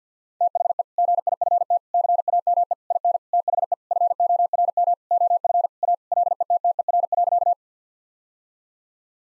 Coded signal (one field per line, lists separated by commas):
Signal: Morse code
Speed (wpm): 50 wpm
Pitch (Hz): 700 Hz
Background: none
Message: THE GIFT CAME IN THE FORM OF A LETTER.